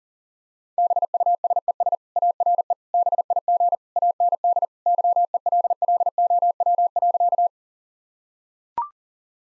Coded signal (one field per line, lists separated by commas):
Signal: Morse code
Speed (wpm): 40 wpm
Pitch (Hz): 700 Hz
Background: none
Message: BUSES ARE BIG AND YELLOW.